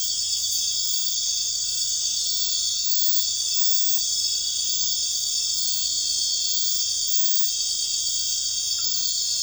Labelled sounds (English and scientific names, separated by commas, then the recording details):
none
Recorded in dense forest near Puerto Asís, Putumayo, Colombia, on 12 March 2025 at 23:00
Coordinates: 0.484, -76.317
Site G064